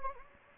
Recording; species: mosquito wingbeat signal from an infrared sensor; Anopheles gambiae